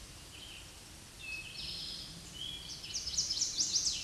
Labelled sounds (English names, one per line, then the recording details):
Eastern Towhee song
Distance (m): 30 m
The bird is about level with the microphone
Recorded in a Pennsylvania forest on 16 May 2024 at 07:39
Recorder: AudioMoth, point MSD-2166
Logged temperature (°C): 16.3 °C
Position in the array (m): 80 m, 14 m